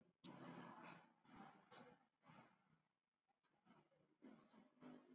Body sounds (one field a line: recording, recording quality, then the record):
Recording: shallow breathing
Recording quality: excellent, no background noise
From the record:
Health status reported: exposed to COVID-19, no respiratory illness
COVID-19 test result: not tested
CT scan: not taken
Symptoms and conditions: none ticked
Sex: male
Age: 63 years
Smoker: no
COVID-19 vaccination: both doses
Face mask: worn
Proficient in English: yes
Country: India